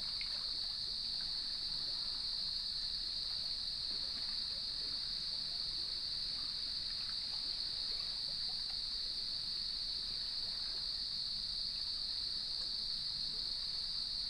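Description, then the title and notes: Crickets trilling together in a constant high, even drone that never pauses, with gentle low surf noise underneath. Evening chorus at sunset on the beach of Lighthouse West Natural Area, Leelanau Peninsula, recorded by gnarled cedar trees with waves in the background. "Sounds of Leelanau Peninsula: Lighthouse West Natural Area. Nature is my Jam"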